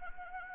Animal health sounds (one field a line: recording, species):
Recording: mosquito wingbeat signal from an infrared sensor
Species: Anopheles arabiensis